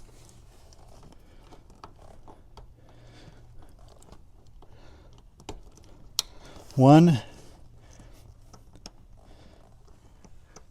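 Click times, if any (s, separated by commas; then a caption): 6.2 s. The first seat cover clip is pressed into a Tesla car seat back before the seat is reinstalled, giving one loud, sharp click at 6.2 s that shows it has seated. Someone talks briefly just after the click, and quiet handling noises continue around it.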